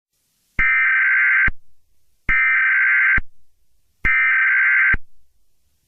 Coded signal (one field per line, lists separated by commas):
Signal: Emergency Alert System (SAME) tones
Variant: header bursts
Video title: EAS Scenario #5: Frostbite